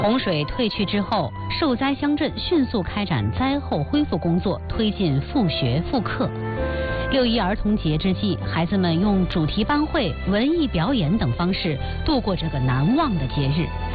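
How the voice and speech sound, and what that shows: A single adult reads a Mandarin news report in a smooth, clear voice at an even broadcast pace, with natural pitch movement and no hoarseness, breaks or slurring. A soft music bed plays underneath. This is ordinary, healthy presenter speech.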